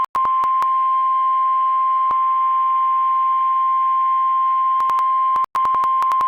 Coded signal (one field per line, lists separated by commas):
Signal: Emergency Alert System (SAME) tones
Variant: 1050 Hz attention tone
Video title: 5/26/2021 - Severe Thunderstorm Warning (EAS #48)